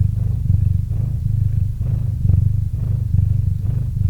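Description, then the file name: Cat purr, steady low vibrating rumble rising and falling with each breath. Cat named Murchik purring into a microphone. "Kot Murchik - Murchanie kota kot murchal v mikrofon"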